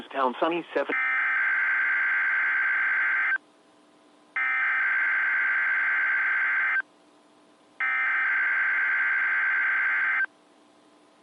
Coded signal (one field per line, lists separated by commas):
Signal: Emergency Alert System (SAME) tones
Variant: header bursts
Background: speech